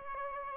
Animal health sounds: mosquito wingbeat signal from an infrared sensor; Aedes albopictus

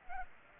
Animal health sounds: mosquito wingbeat signal from an infrared sensor; Culex pipiens

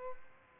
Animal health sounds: mosquito wingbeat signal from an infrared sensor; Aedes albopictus

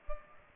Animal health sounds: mosquito wingbeat signal from an infrared sensor; Culex pipiens

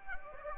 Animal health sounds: mosquito wingbeat signal from an infrared sensor; Anopheles gambiae

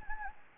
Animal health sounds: mosquito wingbeat signal from an infrared sensor; Anopheles gambiae

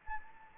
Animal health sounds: mosquito wingbeat signal from an infrared sensor; Anopheles gambiae

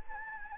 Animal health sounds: mosquito wingbeat signal from an infrared sensor; Anopheles gambiae

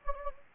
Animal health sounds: mosquito wingbeat signal from an infrared sensor; Anopheles gambiae

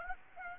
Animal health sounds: mosquito wingbeat signal from an infrared sensor; Aedes aegypti

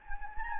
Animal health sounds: mosquito wingbeat signal from an infrared sensor; Anopheles gambiae

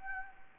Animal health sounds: mosquito wingbeat signal from an infrared sensor; Anopheles gambiae

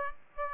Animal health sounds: mosquito wingbeat signal from an infrared sensor; Aedes aegypti

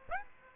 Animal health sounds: mosquito wingbeat signal from an infrared sensor; Aedes aegypti

